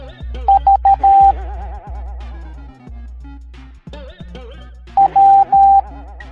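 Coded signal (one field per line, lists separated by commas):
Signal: Morse code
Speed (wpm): 13 wpm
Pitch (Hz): 790 Hz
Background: music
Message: V W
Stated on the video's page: Morse code alphabet lesson for kids in a cartoon.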